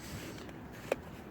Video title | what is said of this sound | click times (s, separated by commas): Remplacement rétroviseur twingo 1 1997 | vous entendez des clics et c'est bon. | 0.9 s